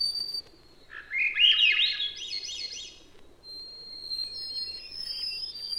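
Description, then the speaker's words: White-throated Sparrow song: sustained high whistled tones at differing pitches, with a looping chuckling warble between them. Several birds repeating their chants in different keys. "white-throated sparrows repeat their much-loved chants in different keys."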